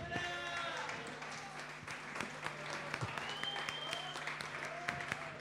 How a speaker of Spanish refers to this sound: Muchas gracias por todo, loco. Un aplauso grande para Pablito, para los chicos del sonido.